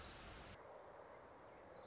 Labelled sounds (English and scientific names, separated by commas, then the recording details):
Orange-crowned Warbler (Leiothlypis celata)
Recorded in Sonoma County, California